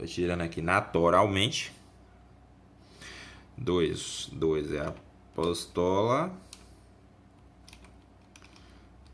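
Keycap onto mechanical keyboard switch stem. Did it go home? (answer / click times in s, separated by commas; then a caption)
no / none. Someone talks while a custom plastic keycap, the pistol key, is pressed onto a mechanical keyboard switch stem. A few faint plastic taps follow after the talking. The keycap fails to seat on the switch, and nothing has seated or clicked yet.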